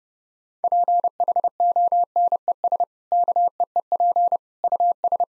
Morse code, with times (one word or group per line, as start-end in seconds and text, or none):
0.6-2.8 PHONES
3.1-4.4 KEEP
4.6-5.2 US